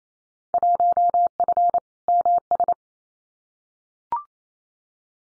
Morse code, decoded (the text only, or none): 1F MS